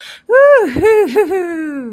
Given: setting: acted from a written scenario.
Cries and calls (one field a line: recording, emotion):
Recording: vocal sound without words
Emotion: triumph